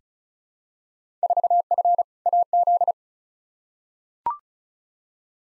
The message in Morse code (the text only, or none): 4F AZ